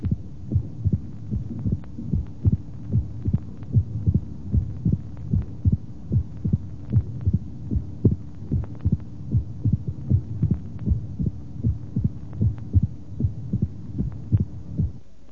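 A heartbeat at about 75 a minute, with sharp snapping sounds and a low rumble leading into each beat over a steady background hum. At the apex of an adult heart this is a snapping first heart sound, a presystolic murmur and a clearly defined mitral opening snap, typical of mitral stenosis.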